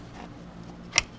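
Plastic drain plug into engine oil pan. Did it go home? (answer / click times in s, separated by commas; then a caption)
yes / 1.0 s. A plastic oil drain plug is turned back into the plastic engine oil pan of an MK7 GTI, Jetta, Passat, Golf, or Audi A3/A4 2.0T/1.8T TFSI until it locks in place, without over-tightening. Over a low, steady hum, a single sharp tick sounds at 1.0 s. The plug is seated.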